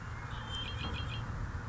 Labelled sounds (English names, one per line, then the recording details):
Red-winged Blackbird
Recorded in Sonoma County, California